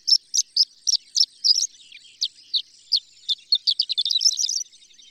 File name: Horned Lark